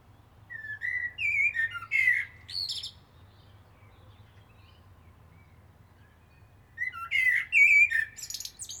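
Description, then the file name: Common blackbird singing two phrases, each a low fluted warble ending in squeaky high twitters, separated by a long quiet pause; low steady hum beneath. "Turdus merula"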